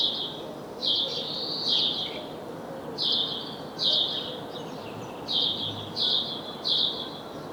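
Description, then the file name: House sparrow chirps in uneven bursts, some doubled or slurred, clustered with short pauses, over light background hiss. "Passer domesticus"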